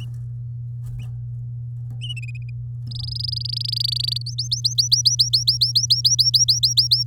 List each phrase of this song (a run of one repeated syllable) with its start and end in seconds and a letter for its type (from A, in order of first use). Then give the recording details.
2.87-4.22 A, 4.26-7.03 B. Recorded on 10 May 2018 at 08:12. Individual llb16